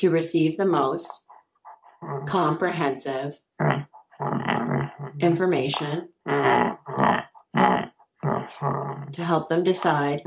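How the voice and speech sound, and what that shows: Slow, effortful adult male speech in short phrases broken by long pauses, with drawn-out nasal vowels: dysarthria in a man with ALS.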